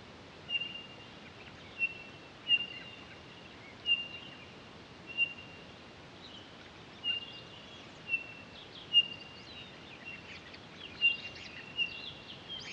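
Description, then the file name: Townsend's solitaire sounding a series of flat, clear whistled toots at irregular intervals, with faint higher twittering over low hiss. Recorded on 23 October 2011. "20111023 townsends-solitaire"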